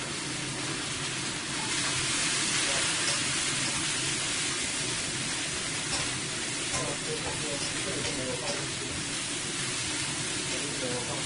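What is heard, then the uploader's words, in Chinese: Food is stir-fried over high heat, a dense, steady sizzling hiss that covers the whole clip and swells slightly louder around the two-second mark. Occasional faint clicks and scraping taps come through near the middle, with a low murmur underneath. 这一期的厨房电台有爆炒的声音。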